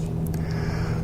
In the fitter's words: simply fits in like that and then we turn and lock it in place